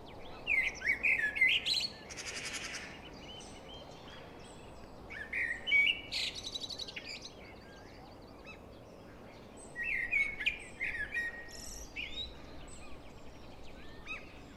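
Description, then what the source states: Blackbird singing repeated mellow warbled phrases with twittering high endings. A harsh buzzy burst cuts in early on, and softer phrases follow at intervals. Singing in deep forest.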